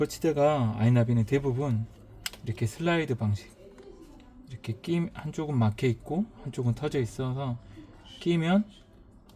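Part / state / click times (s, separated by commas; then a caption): dash cam body into its slide mount bracket / not seated / none. A dash cam body is being slid onto its slide-type plastic windshield mount bracket, which is closed on one side and open on the other, while someone talks. Faint handling taps are heard at about 3.8 s and 4.2 s and again near the end at 9.3 s. Nothing has seated or clicked yet.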